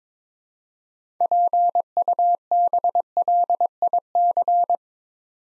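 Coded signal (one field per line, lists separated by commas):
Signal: Morse code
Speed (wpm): 23 wpm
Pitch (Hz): 700 Hz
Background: none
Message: PUBLIC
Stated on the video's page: Morse practice building 6-letter words two letters at a time at 22 wpm, for instant character recognition training.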